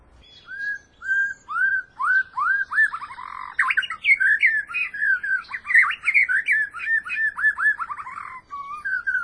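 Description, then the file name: White-rumped shama song: repeated clear whistled notes building into a dense, fast run of squeaky chirps and slurred whistles, ending with softer whistles. "suara kicau murai"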